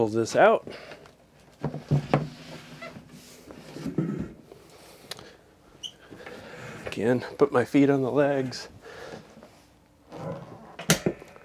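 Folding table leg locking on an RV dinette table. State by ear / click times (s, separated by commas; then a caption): seated / 10.9 s. Someone talks while converting an RV dinette from a bed back to a table, setting the table's folding legs amid scattered handling knocks. A loud, sharp snap at 10.9 s is the folding leg mechanism locking into place, and the leg is seated.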